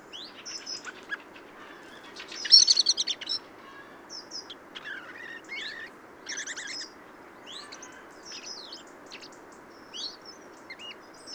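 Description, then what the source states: Bird subsong, a rambling string of high twitters, thin squeaks and quick rattled notes, with a louder chattering burst early on, over faint hiss. Subsong of a first-winter bird.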